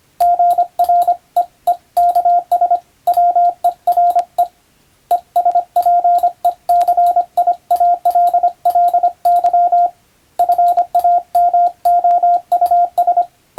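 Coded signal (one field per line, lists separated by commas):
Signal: Morse code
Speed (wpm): 25 wpm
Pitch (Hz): 700 Hz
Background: radio noise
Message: GREEKS WERE ESPECIALLY FAMOUS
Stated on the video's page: Morse receiving practice modeled on ship-to-shore telegram traffic, using a European-language telegram practice book; playback speed adjustable.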